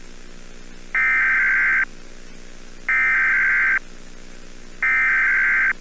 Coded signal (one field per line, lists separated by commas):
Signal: Emergency Alert System (SAME) tones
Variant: header bursts